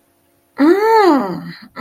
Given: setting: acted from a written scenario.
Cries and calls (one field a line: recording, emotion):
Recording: vocal sound without words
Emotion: desire